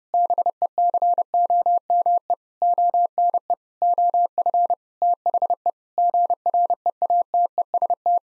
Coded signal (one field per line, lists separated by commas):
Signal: Morse code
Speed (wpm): 30 wpm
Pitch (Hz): 700 Hz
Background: none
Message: BECOME ONE OF THE GREATEST